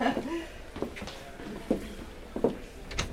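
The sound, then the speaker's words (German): A door being opened: a series of sharp clicks and knocks from a handle and latch, spaced about a second apart, with a brief murmur of voice at the start. “Nein, nein, nein. Die andere Tür.”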